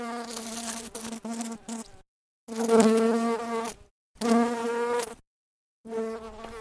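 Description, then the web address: Bumblebee buzz, a deep droning hum that comes in separate bursts, each lasting one to two seconds, with silent gaps between them. "Lynne Music Bumble-Bee-Buzzing"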